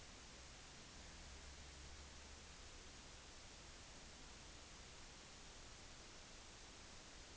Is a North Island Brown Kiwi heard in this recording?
no